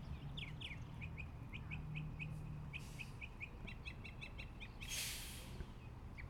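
Bird giving quick bright chirps in a steady run, later in doubled notes, with a low rumble underneath and two brief bursts of hiss.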